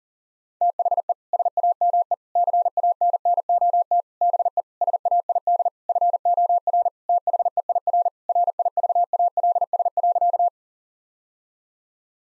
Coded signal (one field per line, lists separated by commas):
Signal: Morse code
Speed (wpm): 40 wpm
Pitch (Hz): 700 Hz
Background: none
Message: THE SAME CANNOT BE SAID FOR THEIR RIVALS.